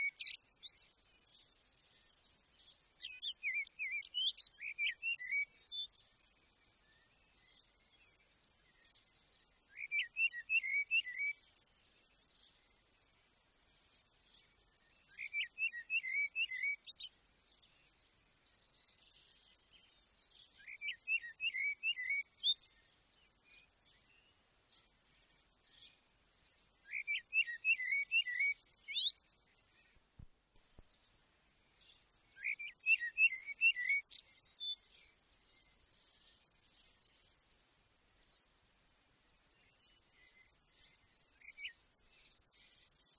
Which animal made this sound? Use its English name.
Common Blackbird